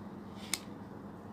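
An interchangeable lens is lined up red dot to red dot on the mount of a Panasonic Lumix G80 mirrorless camera body and twisted until it locks. A single short, sharp click sounds at 0.5 s over a quiet, steady background. The lens is seated and fitted correctly.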